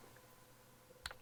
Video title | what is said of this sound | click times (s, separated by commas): HOTO Electric Screwdriver | just pop that off like that. | 1.1 s